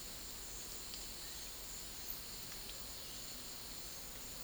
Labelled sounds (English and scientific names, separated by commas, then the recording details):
none
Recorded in secondary vegetation near Puerto Asís, Putumayo, Colombia, on 20 February 2024 at 10:00
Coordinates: 0.481, -76.323
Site G6376